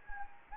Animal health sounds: mosquito wingbeat signal from an infrared sensor; Anopheles gambiae

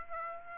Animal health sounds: mosquito wingbeat signal from an infrared sensor; Aedes aegypti

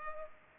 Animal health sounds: mosquito wingbeat signal from an infrared sensor; Culex pipiens

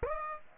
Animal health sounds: mosquito wingbeat signal from an infrared sensor; Aedes aegypti

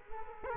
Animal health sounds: mosquito wingbeat signal from an infrared sensor; Culex quinquefasciatus

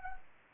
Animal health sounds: mosquito wingbeat signal from an infrared sensor; Anopheles arabiensis

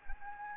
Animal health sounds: mosquito wingbeat signal from an infrared sensor; Anopheles gambiae

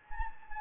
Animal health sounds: mosquito wingbeat signal from an infrared sensor; Anopheles gambiae

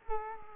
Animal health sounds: mosquito wingbeat signal from an infrared sensor; Culex quinquefasciatus

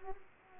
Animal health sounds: mosquito wingbeat signal from an infrared sensor; Aedes aegypti

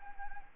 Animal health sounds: mosquito wingbeat signal from an infrared sensor; Anopheles arabiensis

